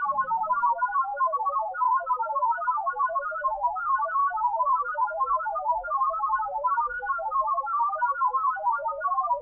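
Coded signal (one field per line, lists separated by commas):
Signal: multi-tone FSK (Olivia or MFSK type)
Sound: rapid, steady stream of short warbling tones jumping randomly up and down, like burbling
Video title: TEST SIGNAL - RTTY, BPSK31, OLIVIA.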